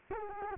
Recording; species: mosquito wingbeat signal from an infrared sensor; Culex quinquefasciatus